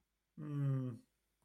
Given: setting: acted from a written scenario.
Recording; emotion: vocal sound without words; neutral